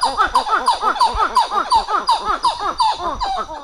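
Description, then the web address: Titi monkey calls: a fast run of arching, hooting notes, about three each second, rising and falling in pitch and repeated steadily throughout. "ecosound Callicebus"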